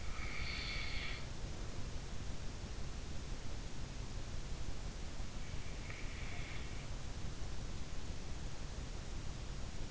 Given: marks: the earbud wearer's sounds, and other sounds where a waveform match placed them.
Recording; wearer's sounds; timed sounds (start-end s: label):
sounds in sleep by an in-ear microphone; breath
0.00-1.71 s: breath